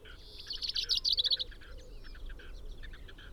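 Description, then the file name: Common chaffinch song: a quick run of bright, high chirping notes lasting about a second, then fainter trailing notes against steady low background noise. "Fringilla coelebs"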